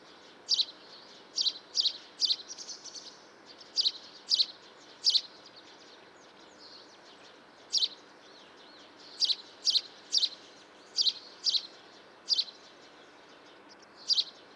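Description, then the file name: House sparrow calling with a long irregular series of sharp chirps, sometimes in quick pairs or triplets, separated by brief pauses, with low background noise. "Passer domesticus"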